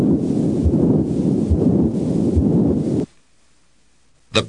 Patent ductus arteriosus murmur. The patent ductus arteriosus murmur is the prototype of continuous murmurs. It is caused by abnormal blood flow that occurs from the high-pressure aorta to the low-pressure pulmonary artery when the ductus remains open. Patent ductus arteriosus murmur is heard best over the entire left, first, and second intercostal spaces. The murmur reaches maximum intensity late in systole and fades during diastole. It has a rough, machinery-like, high-pitched sound that can be heard equally well with the bell or diaphragm of the stethoscope.